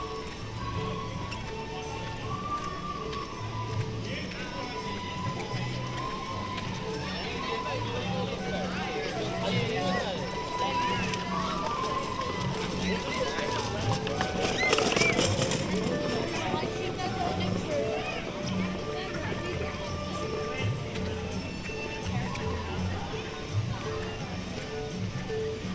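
A walk through Animal Kingdom park at Walt Disney World, with a steady crowd murmur and voices talking throughout. A low tone and faint music hum underneath, and footsteps patter along. Around fifteen seconds a brief louder burst of sound rises, then fades.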